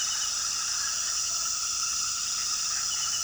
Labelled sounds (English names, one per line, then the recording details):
none
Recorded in pastures near Puerto Asís, Putumayo, Colombia, on 18 February 2024 at 21:30
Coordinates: 0.466, -76.323
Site G6384